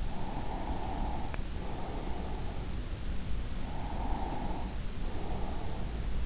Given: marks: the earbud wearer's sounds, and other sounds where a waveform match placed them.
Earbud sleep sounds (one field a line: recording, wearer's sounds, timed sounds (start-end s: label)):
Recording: sounds in sleep by an in-ear microphone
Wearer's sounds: breath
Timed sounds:
0.08-2.73 s: breath
3.58-6.04 s: breath